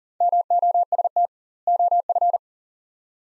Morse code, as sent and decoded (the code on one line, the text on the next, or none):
-- --- ... - / --- ..-.
MOST OF